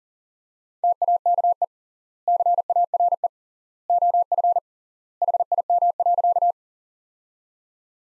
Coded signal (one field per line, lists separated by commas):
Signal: Morse code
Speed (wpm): 40 wpm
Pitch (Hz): 700 Hz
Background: none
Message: TAKE CARE OF HIM.